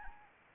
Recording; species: mosquito wingbeat signal from an infrared sensor; Anopheles arabiensis